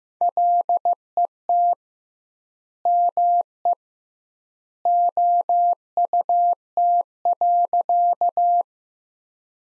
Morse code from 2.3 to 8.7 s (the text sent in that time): ME OUT.